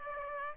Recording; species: mosquito wingbeat signal from an infrared sensor; Aedes aegypti